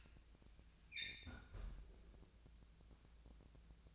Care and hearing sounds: daily activity, microphone in the room; close fridge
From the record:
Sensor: 2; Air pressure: 999.9 hPa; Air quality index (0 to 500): 122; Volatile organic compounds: 2 ppm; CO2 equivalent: 1051 ppm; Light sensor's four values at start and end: 32/80/34/38 and 32/80/34/38

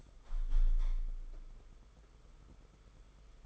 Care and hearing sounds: daily activity, microphone in the room; open window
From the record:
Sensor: 5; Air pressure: 991.5 hPa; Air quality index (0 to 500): 109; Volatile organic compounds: 26 ppm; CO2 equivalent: 2854 ppm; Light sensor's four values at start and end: 39/126/48/51 and 39/126/48/51

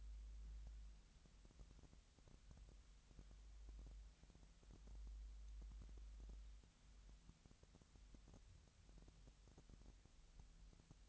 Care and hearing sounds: daily activity, microphone in the room; wipe stove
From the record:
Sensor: 3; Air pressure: 1003.2 hPa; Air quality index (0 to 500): 196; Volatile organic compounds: 6 ppm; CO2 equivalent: 1920 ppm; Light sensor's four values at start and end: 12/28/12/12 and 12/29/12/13

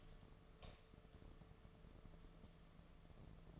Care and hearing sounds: daily activity, microphone in the room; light on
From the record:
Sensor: 4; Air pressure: 1015.5 hPa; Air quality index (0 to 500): 182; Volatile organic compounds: 8 ppm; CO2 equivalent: 2106 ppm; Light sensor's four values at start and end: 22/53/22/24 and 23/56/24/25

